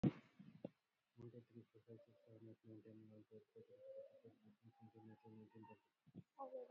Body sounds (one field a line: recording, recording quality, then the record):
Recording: counting at a fast pace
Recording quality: moderate, slight background noise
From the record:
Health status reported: COVID-19 positive, no symptoms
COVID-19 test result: positive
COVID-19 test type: RT-PCR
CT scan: taken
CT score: 2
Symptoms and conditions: cold, fever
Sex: male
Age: 37 years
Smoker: no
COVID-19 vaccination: one dose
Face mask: worn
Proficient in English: yes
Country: India